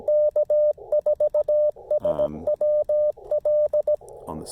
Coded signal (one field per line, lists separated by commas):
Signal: Morse code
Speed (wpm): 17 wpm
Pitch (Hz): 600 Hz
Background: radio noise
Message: K4SWL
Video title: Testing the new Chameleon Tactical Delta Loop (CHA TDL) antenna on a POTA activation